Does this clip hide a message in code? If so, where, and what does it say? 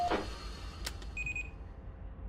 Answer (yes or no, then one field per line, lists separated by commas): no